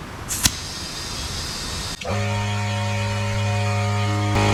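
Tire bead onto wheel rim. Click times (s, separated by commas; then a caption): 0.5 s. A tire is being inflated on its steel wheel rim after its bottom bead was sealed using the tire's own weight, and a steady hiss of air runs through the clip. A sharp pop at 0.4 s is the bead seating onto the rim. At about 2.0 s a steady, droning low hum with layered tones starts and continues to the end.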